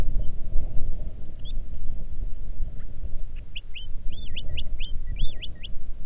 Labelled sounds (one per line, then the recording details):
songbird
wind
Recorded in the Arctic National Wildlife Refuge, Alaska, on 3 June 2019 at 04:45
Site 37